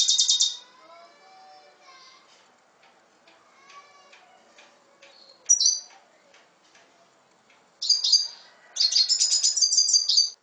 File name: Canto del Cardenalito